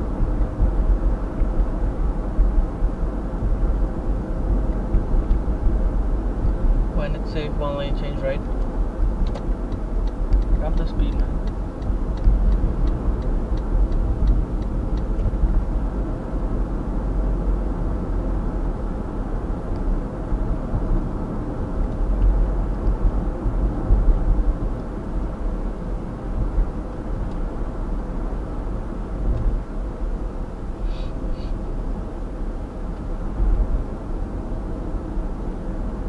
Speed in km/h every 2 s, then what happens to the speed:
56, 55, 52, 53, 52, 52, 51, 53, 55, 56, 55, 56, 55, 56, 56, 52, 50, 47.
0-28 steady at about 55. 28-36 slows to 47.